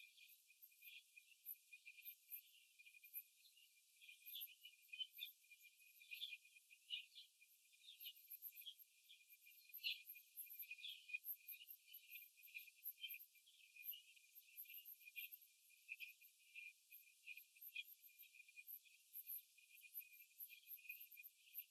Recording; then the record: young laying hens in a cage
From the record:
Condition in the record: after the stressor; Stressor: simulated dog barking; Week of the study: 2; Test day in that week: 2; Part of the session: 1